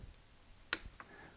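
A locking tab on the camshaft solenoid connector of a 2008 Mercedes C300 is pushed down until it clicks. One loud, sharp click is heard at 0.7 s, with a few faint ticks around it. The connector lock is seated.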